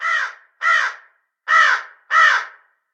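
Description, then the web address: Crow giving four harsh, hoarse caws, each about half a second long, in two pairs separated by a short gap, with nothing else audible. "Google Sounds Reality Bytes. black crow"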